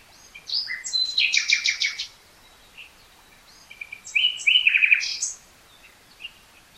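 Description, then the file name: Common nightingale song: a loud rattling phrase of repeated notes, a pause with soft chirps, then a bubbling trill of rapid whistled notes. "Luscinia megarhynchos"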